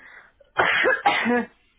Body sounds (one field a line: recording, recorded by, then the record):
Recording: voluntary cough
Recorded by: telephone call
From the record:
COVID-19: positive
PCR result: checked with the laboratory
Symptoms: no